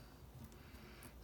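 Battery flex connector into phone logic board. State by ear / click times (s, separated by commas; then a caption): not seated / none. An iPhone 6 battery flex connector is handled over the phone's logic board after the screws have been refitted, with a low steady background and a brief faint sound around 0.5 s. Nothing has seated or clicked yet.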